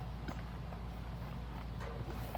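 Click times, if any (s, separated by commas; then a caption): none. A lid is pressed down onto a token storage box over the acrylic tokens inside, but it catches on something and does not latch fully. A steady low hum runs throughout, with a soft tap near 0.3 s and a sharp brief tick at 2.4 s. Nothing has latched or clicked into place yet.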